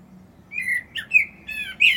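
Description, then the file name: Common blackbird in brief song, warbled fluty whistles around one pitch with a few sharper notes, ending on a louder high note. "Turdus merula"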